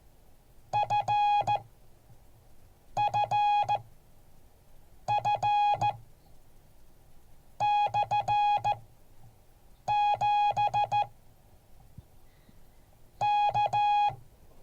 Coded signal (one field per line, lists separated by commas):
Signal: Morse code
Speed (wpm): 15 wpm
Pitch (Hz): 830 Hz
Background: none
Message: FFF /7 K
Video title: Morse code class 2023-02-01